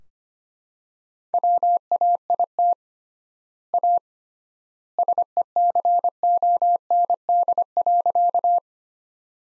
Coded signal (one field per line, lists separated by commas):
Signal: Morse code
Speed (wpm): 25 wpm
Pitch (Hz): 700 Hz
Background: none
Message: WAIT A SECOND.